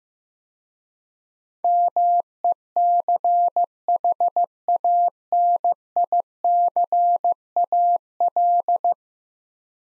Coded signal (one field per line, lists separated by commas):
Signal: Morse code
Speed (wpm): 15 wpm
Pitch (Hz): 700 Hz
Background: none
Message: MECHANICAL